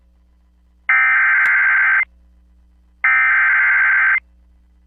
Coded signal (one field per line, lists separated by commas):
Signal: Emergency Alert System (SAME) tones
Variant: header bursts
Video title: After Work Storms... EAS Alerts from April 15, 2021 (EAS #989-999)